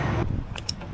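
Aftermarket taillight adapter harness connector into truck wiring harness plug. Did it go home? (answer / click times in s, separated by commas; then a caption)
yes / 0.7 s. A green plastic wiring connector with keyed grooves on an aftermarket taillight adapter harness is pushed into the mating wiring harness plug on a 2017 Ford F-150 pickup truck. After a low rumbling start and a faint tick at 0.6 s, a sharp bright click sounds at 0.7 s, followed by a softer tap. The connector is seated.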